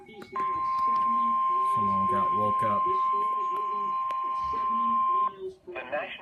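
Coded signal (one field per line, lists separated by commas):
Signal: Emergency Alert System (SAME) tones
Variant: 1050 Hz attention tone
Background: speech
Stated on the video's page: Severe thunderstorm warning received from weather radio station at home.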